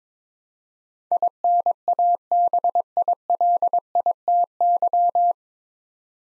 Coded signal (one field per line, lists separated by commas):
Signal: Morse code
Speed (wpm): 22 wpm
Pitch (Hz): 700 Hz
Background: none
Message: INABILITY